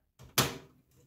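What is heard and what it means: A metal motherboard I/O shield is fitted from inside a Liketec Orbital Snow PC case, bottom edge first, then pushed outward into the rear panel cutout. A softer contact sound at 0.2 s leads into a sharp snap at 0.4 s, and the shield ends up well seated.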